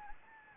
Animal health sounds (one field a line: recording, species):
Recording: mosquito wingbeat signal from an infrared sensor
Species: Anopheles gambiae